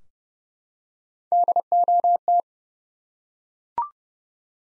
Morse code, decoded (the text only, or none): DOT